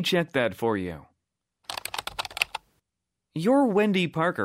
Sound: typing sound